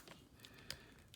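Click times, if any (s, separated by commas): 0.7 s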